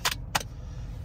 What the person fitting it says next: you'll see a nice click and then just like that you're ready to start using it